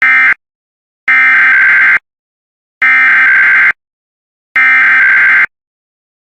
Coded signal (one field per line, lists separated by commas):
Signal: Emergency Alert System (SAME) tones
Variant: header bursts